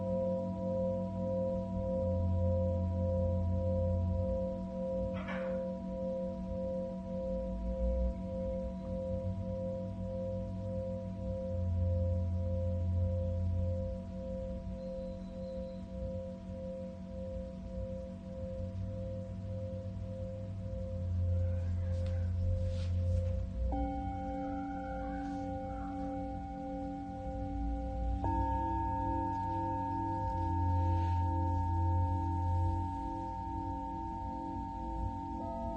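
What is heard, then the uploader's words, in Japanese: Singing bowls ring in long, steady overlapping tones with a slow low throb, struck anew around 24 and 28 seconds with a faint click near 5. メキシコから シンギングボウルのサウンドヒーリング ライブ。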